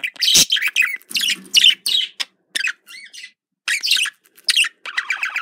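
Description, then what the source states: Budgerigar chatter: sharp chirps, a scratchy burst and a soft low buzz, then a few thin piping notes in short phrases. Described as a love sound.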